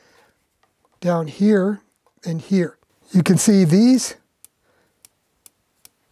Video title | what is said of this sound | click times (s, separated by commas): NEW Walthers Double Crossovers—Are They Worth The Money (231) | they click into place so they have a little metal spring in here | 4.4 s, 5.1 s, 5.5 s, 5.8 s